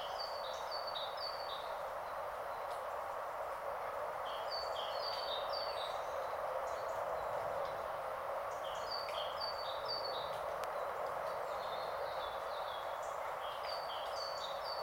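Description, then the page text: Great tit singing two-note phrases, a high note alternating with a lower one, in several bouts of repeated phrases, over a steady hiss. Heard outside a window on a grey, rainy Saturday, 8 January 2022, in rain; described as a herald of spring. "Fiona Dunn's Podcast. Great Tit in the Rain on 8 Jan 2022. It was wonderful to hear this herald of Spring outside my window on a grey, rainy Saturday"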